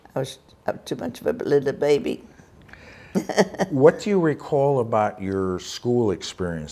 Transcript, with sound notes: I was too much of the baby. (laughing)
What do you recall about your school experience?